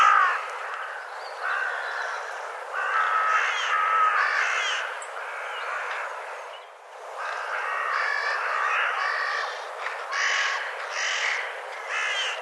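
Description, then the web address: Bird giving a dense, continuous run of harsh squawks and nasal notes, with a brief dip in the middle. "cianscape birddata"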